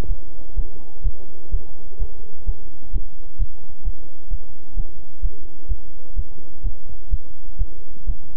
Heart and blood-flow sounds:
heart sounds by stethoscope; between the tricuspid and mitral areas; 128 bpm
0.06 s: heartbeat
0.54 s: heartbeat
1.02 s: heartbeat
1.50 s: heartbeat
1.97 s: heartbeat
2.45 s: heartbeat
2.91 s: heartbeat
3.37 s: heartbeat
3.83 s: heartbeat
4.29 s: heartbeat
4.75 s: heartbeat
5.21 s: heartbeat
5.67 s: heartbeat
6.14 s: heartbeat
6.62 s: heartbeat
7.09 s: heartbeat
7.57 s: heartbeat
8.05 s: heartbeat
From the record:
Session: bicycle stress test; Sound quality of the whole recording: good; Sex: male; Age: 26 years

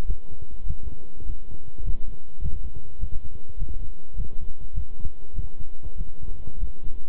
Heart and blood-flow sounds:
heart sounds by stethoscope; between the tricuspid and mitral areas; 101 bpm
0.05 s: heartbeat
0.66 s: heartbeat
1.25 s: heartbeat
1.83 s: heartbeat
2.41 s: heartbeat
2.99 s: heartbeat
3.57 s: heartbeat
4.15 s: heartbeat
4.73 s: heartbeat
5.33 s: heartbeat
5.96 s: heartbeat
6.58 s: heartbeat
From the record:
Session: walking at 3.7 km/h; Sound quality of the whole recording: good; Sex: male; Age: 26 years

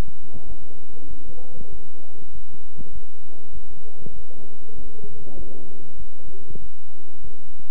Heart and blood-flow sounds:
heart sounds by stethoscope; between the tricuspid and mitral areas; 98 bpm
0.47 s: heartbeat
1.09 s: heartbeat
1.70 s: heartbeat
2.33 s: heartbeat
2.93 s: heartbeat
3.53 s: heartbeat
4.14 s: heartbeat
4.76 s: heartbeat
5.37 s: heartbeat
5.97 s: heartbeat
6.60 s: heartbeat
7.22 s: heartbeat
From the record:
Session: bicycle stress test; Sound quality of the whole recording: good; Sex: male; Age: 23 years

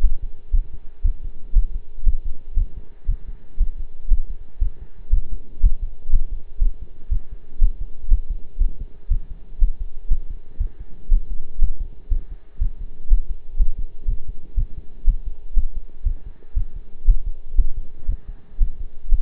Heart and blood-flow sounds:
heart sounds by stethoscope; between the tricuspid and mitral areas; 119 bpm
0.03 s: heartbeat
0.53 s: heartbeat
1.04 s: heartbeat
1.55 s: heartbeat
2.06 s: heartbeat
2.56 s: heartbeat
3.08 s: heartbeat
3.60 s: heartbeat
4.11 s: heartbeat
4.61 s: heartbeat
5.13 s: heartbeat
5.63 s: heartbeat
6.12 s: heartbeat
6.61 s: heartbeat
7.11 s: heartbeat
7.61 s: heartbeat
8.11 s: heartbeat
8.60 s: heartbeat
9.11 s: heartbeat
9.60 s: heartbeat
10.10 s: heartbeat
10.60 s: heartbeat
11.11 s: heartbeat
11.61 s: heartbeat
12.11 s: heartbeat
12.61 s: heartbeat
13.10 s: heartbeat
13.59 s: heartbeat
14.08 s: heartbeat
14.57 s: heartbeat
15.07 s: heartbeat
15.56 s: heartbeat
16.06 s: heartbeat
16.56 s: heartbeat
17.07 s: heartbeat
17.58 s: heartbeat
18.08 s: heartbeat
18.60 s: heartbeat
19.11 s: heartbeat
From the record:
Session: pedaling a stationary bicycle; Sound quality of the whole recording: partially saturated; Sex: male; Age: 23 years

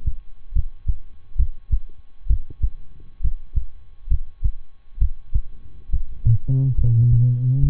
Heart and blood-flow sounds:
heart sounds by stethoscope; between the tricuspid and mitral areas; 68 bpm
0.52 s: heartbeat
1.36 s: heartbeat
2.26 s: heartbeat
3.20 s: heartbeat
4.07 s: heartbeat
4.98 s: heartbeat
5.89 s: heartbeat
6.74 s: heartbeat
7.59 s: heartbeat
From the record:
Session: rest, lying down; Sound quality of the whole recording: good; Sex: male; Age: 23 years

